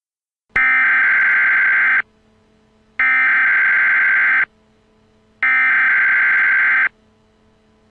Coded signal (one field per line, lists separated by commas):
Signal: Emergency Alert System (SAME) tones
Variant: header bursts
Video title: EAS MLG Dank emergency